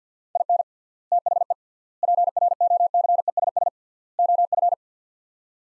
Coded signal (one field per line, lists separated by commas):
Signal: Morse code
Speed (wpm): 50 wpm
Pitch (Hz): 700 Hz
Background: none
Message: IN THE PROCESS OF